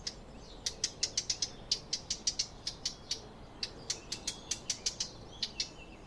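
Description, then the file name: Eurasian blackcap calls: hard, stony tacks repeated rapidly, about three to four per second, in short bursts with brief pauses. "Sylvia atricapilla"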